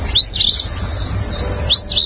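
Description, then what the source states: Eastern Phoebe song: a raspy, two-part phrase, a burry arched note then a buzzier stuttered one, sung about once, then starting again near the end. Raspy, name-saying song heard every spring over most of Canada and about half of the U.S.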